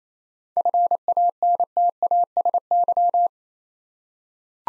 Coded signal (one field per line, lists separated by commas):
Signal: Morse code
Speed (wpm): 27 wpm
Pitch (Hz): 700 Hz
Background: none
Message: FANTASY